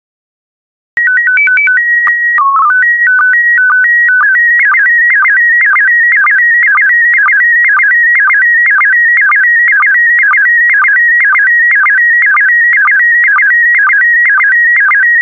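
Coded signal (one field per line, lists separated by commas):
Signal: SSTV (slow-scan television)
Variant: PD 120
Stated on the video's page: PD120 mode SSTV images generated for decoding practice, using stock photos, with synthesized audio prompts.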